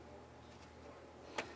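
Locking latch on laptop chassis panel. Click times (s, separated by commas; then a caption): 1.4 s. A locking latch on the chassis panel of an ASUS G53JW laptop is slid into place during a second hard drive install, while the panel is held down with a forearm. After a low, steady hum, a single sharp click sounds at 1.4 s as the latch locks into place.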